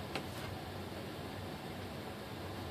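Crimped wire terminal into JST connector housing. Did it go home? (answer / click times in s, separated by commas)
no / none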